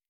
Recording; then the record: hydrophone in a shrimp aquaculture tank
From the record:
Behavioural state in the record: starved